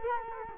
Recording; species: mosquito wingbeat signal from an infrared sensor; Culex quinquefasciatus